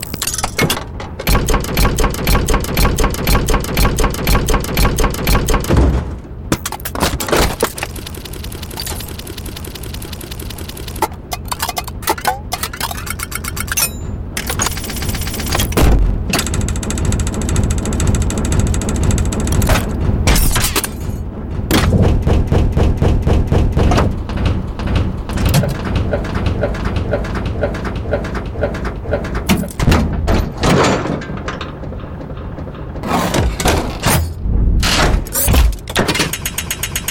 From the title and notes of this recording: Steampunk Machines - Mechanical Sound Effects. Sounds of mechanisms, rotating gears, and working machines from the neo-Victorian era.